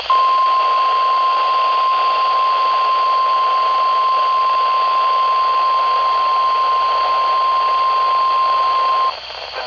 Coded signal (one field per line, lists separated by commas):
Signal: Emergency Alert System (SAME) tones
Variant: 1050 Hz attention tone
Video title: THE WAKEFIELD, STERLING, & MT. HOLLY BEACH BASH! EAS Alerts from 7/12/22 (EAS #1,058-1,079)